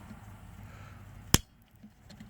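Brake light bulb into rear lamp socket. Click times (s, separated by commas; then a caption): 1.3 s. A new brake light bulb is pushed firmly down into the plastic socket of a Mazda Tribute rear lamp. Low background hum gives way to one sharp, loud snap at 1.3 s as the bulb locks into the socket, followed by a few faint ticks.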